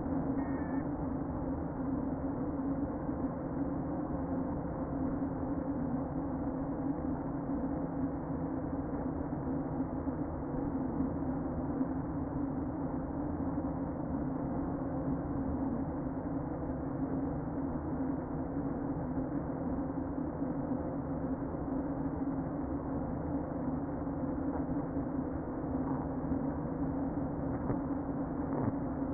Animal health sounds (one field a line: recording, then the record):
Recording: honeybee colony, microphone inside the hive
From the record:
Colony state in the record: queen present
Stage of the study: before two queens were removed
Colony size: about 60,000 bees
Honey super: yes